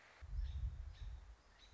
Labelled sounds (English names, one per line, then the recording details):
American Robin
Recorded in Sonoma County, California